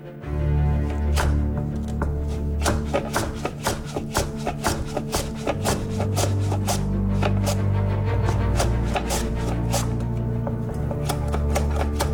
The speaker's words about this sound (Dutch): Maar ik ga nu wel een soort chips snijden van zoete aardappelen voor mijn gerecht uit de oven.